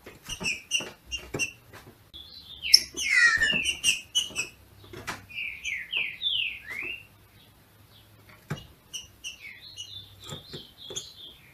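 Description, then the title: Green-winged saltator singing a series of downslurred whistled phrases, interspersed with clicks and knocks. Female singing a male-like song (macheando) to stimulate the male. "FÊ MEA DE TRINCA FERRO MACHEANDO PARA ESQUENTAR O MACHO"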